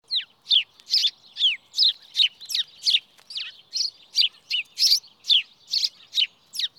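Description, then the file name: House sparrow chirping: a steady series of sharp, bright chirps, about two or three per second, many falling in pitch, with no other sounds. "Passer domesticus"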